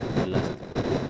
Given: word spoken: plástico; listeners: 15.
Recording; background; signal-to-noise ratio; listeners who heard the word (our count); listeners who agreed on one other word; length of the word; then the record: one Spanish word in noise, from a listening test; noise modulated by three-talker babble; -7.6 dB; 1 of 15; 6 of 15; 0.70 s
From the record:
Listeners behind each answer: 6, 1, 1, 1, 1, 1, 1, 1, 1, 1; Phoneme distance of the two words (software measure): 24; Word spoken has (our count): 3 syllables, 8 phonemes, stress on syllable 1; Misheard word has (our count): 2 syllables, 6 phonemes, stress on syllable 1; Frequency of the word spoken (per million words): 23.83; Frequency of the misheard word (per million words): 0.45